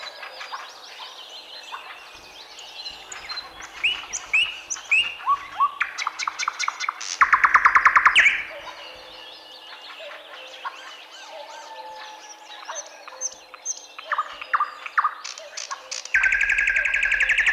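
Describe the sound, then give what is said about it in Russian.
Several birds sing in a forest, overlapping chirps, whistles and rapid trills at high pitch, with a louder buzzy burst midway and another at the end. No one speaks. “Да и какой же это лес, если там не поют птицы?”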